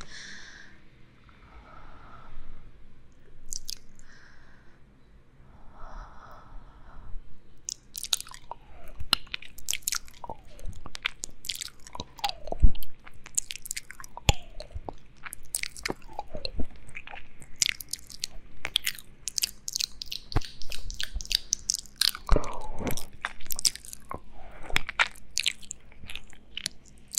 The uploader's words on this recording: Ear Eating y Mouth sounds. Combino el comer orejas con un ASMR mouth sounds.